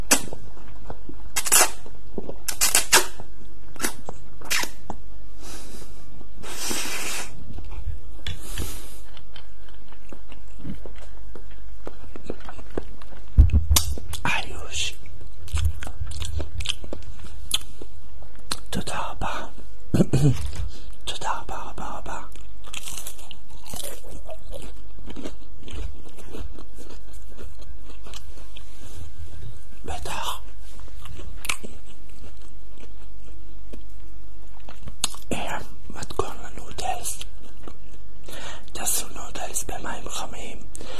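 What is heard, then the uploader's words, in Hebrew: Eating sounds: crisp bites and crunchy chewing come in bursts, thickest in the first ten seconds and again around 14, 20, 30 and 36 seconds. Quieter, softer mouth sounds fill the gaps. Asmr אוכל.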